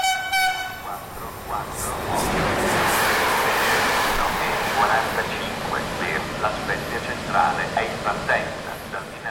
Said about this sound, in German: Mit dem Zug fahre ich im Sommer 2018 vom Dörfchen Framura durch viele Tunnel und entlang der spektakulären Küste der Cinque Terre in die Hafenstadt La Spezia.